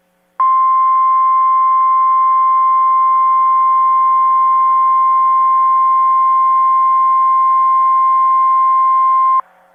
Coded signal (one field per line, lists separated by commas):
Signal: Emergency Alert System (SAME) tones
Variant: 1050 Hz attention tone